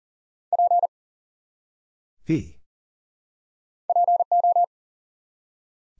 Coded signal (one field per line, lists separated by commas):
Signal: Morse code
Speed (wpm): 39 wpm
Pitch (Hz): 700 Hz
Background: none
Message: P PO